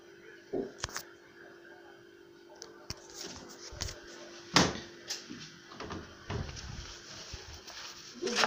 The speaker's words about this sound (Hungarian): Bezárom az ajtót.